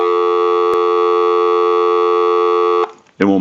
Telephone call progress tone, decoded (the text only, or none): dial tone